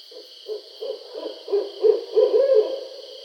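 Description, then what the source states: Barred owl hooting: a quick run of several low hoots, loudest near the end, over a steady high-pitched drone. Recorded 2012-07-20.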